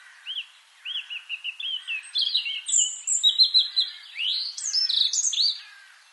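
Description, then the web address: European robin song beginning with soft, repeated arched chirps, building into a rich flow of high, sliding whistles and bright trills. "SETE data Erithacus rubecula"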